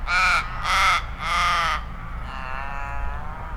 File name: Forest Raven Call